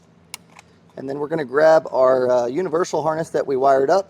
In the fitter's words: So we can get this snapped into place,